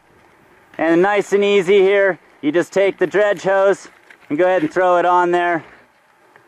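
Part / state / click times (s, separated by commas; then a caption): dredge hose into sluice box inlet fitting / seated / 6.4 s. A flexible dredge hose is slid onto the inlet fitting of a sealed-chamber sluice box on a vacuum-powered gold dredge while someone talks. The speech stops, and after a quiet stretch a short, sharp hit sounds at 6.4 s as the hose locks into place, confirmed as seated.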